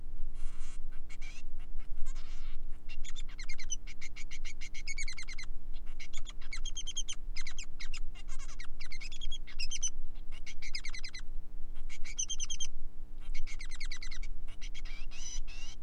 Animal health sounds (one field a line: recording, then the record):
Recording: song of a male Bengalese finch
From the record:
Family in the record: son of father 3